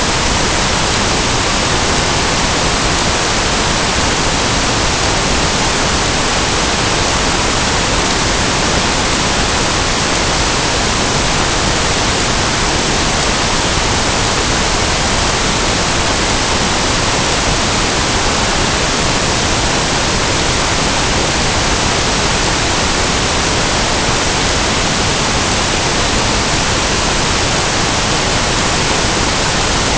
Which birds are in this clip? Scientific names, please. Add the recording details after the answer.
none. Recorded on Arctic tundra, site NAIT-1, on 23 June 2018. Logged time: 19:00